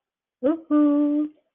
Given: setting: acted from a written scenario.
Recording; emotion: vocal sound without words; pride